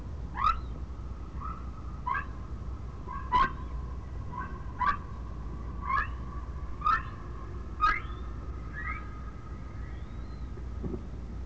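Whale calls: a string of quick rising squeaks, roughly one a second, linked by a sustained whistled tone, with fainter chirps and a low hum behind.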